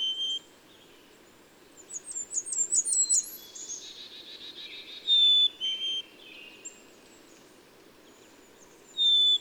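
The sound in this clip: Bird song, scattered high thin whistles and brief chittering phrases with gaps of silence between them, one clear whistle returning near the end.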